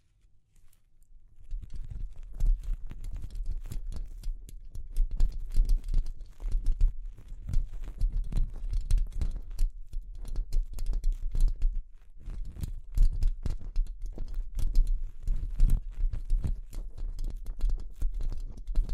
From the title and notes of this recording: ASMR Delicate Tapping (No Talking).